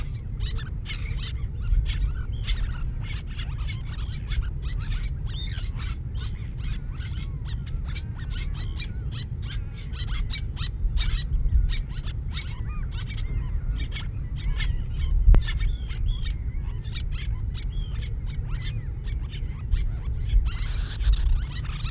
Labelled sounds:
Little Tern (Sternula albifrons) call

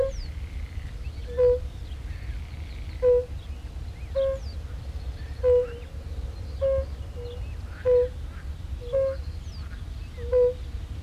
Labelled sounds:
Fire-Bellied Toad (Bombina bombina) call

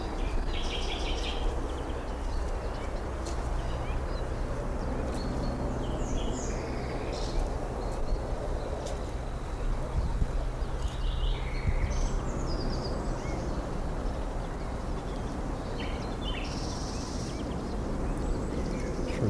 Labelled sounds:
Common Nightingale (Luscinia megarhynchos)

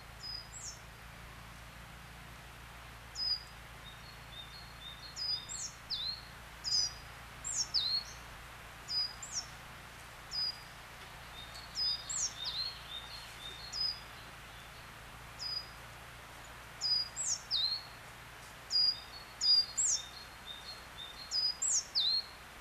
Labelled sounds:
Coal Tit (Periparus ater) song

